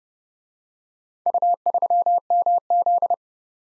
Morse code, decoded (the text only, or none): U3MZ